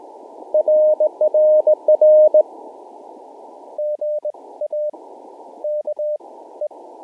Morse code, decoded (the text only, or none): RRR GA KE